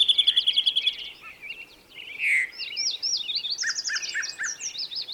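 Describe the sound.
Bird song: a fast high trill, then a buzzy note and many quick chirps.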